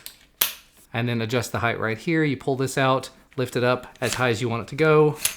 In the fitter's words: lift the bars up and they just kind of Click into place as well